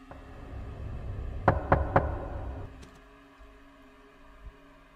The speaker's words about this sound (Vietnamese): thì lão lại giật mình, bởi vì tiếng gõ cửa lại vang lên.